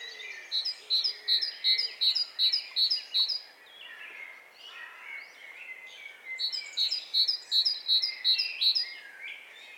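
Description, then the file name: Great tit delivering two bursts of clear, evenly spaced see-saw notes, separated by a few seconds of mixed chirping from other birds in the background. "Parus major"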